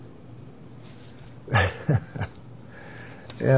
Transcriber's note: long gap; laughs